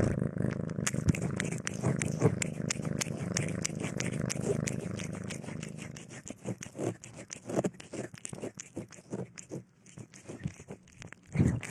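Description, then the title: Cat purring, a low steady rumble in the first half giving way to repeated clicks and rustling sounds. Domestic cat recorded eating, sleeping and playing; presented as sleep-aid white noise. "正经的猫片：猫咪进食、睡觉、玩耍的声音"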